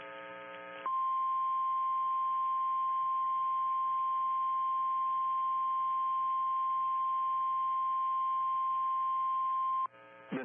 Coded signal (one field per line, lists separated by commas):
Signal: Emergency Alert System (SAME) tones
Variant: 1050 Hz attention tone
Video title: EAS Timeline: Deadly Derecho Strikes Downtown Sioux Falls, South Dakota NOAA Weather Radio